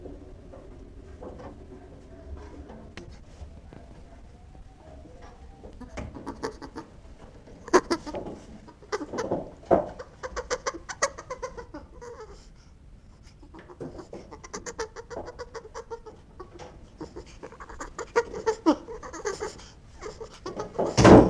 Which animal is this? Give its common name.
Chimpanzee